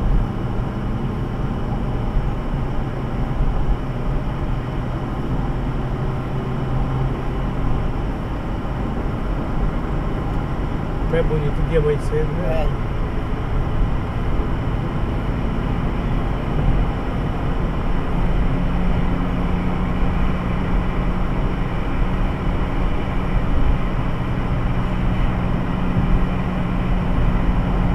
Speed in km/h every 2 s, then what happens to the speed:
72, 76, 80, 82, 84, 87, 90, 93, 95, 97, 98, 97, 96, 94.
0-19 speeds up to 98. 19-28 steady at about 96.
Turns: none.